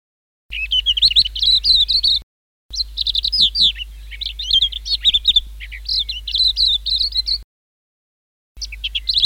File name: suara-kicauan-burung-kacamata-perak -omkicau